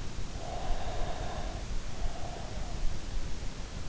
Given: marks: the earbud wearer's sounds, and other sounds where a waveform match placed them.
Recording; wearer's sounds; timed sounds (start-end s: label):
sounds in sleep by an in-ear microphone; breath
0.33-3.02 s: breath